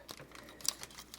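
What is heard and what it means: A folding plastic section of a transforming toy is folded and pressed into the toy body. Light tapping and handling clicks are heard before a sharp click at 0.7 s as the section pegs into place, followed by a few softer clicks.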